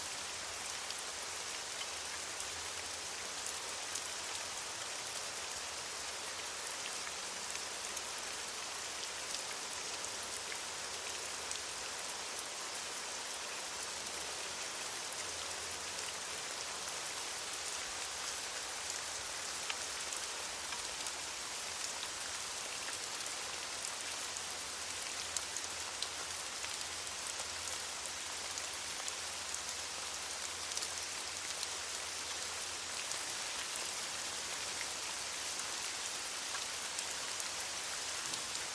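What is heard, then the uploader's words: Steady, dense rain falls throughout, a constant hiss of drops that stays bright and even with no pauses. Individual drops patter on a surface, and a faint low hum comes and goes beneath the downpour. Rainstorm Sounds.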